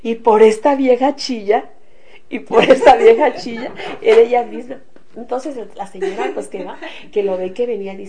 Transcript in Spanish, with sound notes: “¿Por esta vieja chilla? Y, ¿por esta vieja chilla?”. (carcajadas) Era ella misma. Entonces la señora pues que baja y que lo ve que venía y dice: